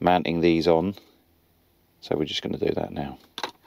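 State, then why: Not seated. A mounting bracket clip is being handled against the back of a plastic Carpuride 901 in-car CarPlay and Android Auto screen. Someone talks, there is a quiet pause, and then more talk and two short, sharp ticks near the end. Nothing has seated or clicked into place yet.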